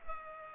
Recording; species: mosquito wingbeat signal from an infrared sensor; Culex pipiens